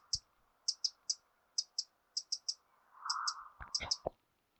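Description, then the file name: Eurasian wren giving short, high ticking calls in pairs and singles, with a low humming background and a few lower clicking knocks near the end. "Troglodytes troglodytes"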